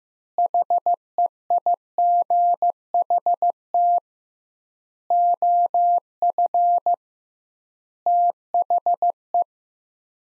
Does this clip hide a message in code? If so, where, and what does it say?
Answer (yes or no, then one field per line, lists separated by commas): yes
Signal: Morse code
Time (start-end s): 0.4-9.4 s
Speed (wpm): 15 wpm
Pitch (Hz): 700 Hz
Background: none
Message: HEIGHT OF THE